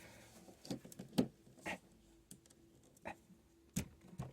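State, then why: Not seated. Someone tries to plug the cable of the fourth PECRON EP3000 expansion battery into its port on the E3600LFP power station system. Only scattered knocks and scrapes are heard, the loudest near 1.2 s and 3.8 s, with no speech. The connector does not go in, and nothing has seated or clicked yet.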